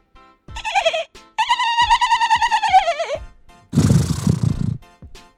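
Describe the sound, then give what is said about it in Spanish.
High, quavering neighs from foals answering a neighing horse: a short whinny, then a longer wavering one that trembles and drops in pitch at the end, followed by a breathy, noisy snort. “Los potrillos contestan.”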